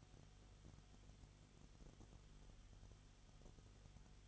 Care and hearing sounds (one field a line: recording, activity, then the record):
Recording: daily activity, microphone in the room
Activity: no activity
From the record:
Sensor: 4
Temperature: 22.7 degrees Celsius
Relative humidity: 31.7%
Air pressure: 995.4 hPa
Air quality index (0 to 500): 158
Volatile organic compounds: 2 ppm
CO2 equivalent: 1254 ppm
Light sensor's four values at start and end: 2/3/1/1 and 2/3/1/1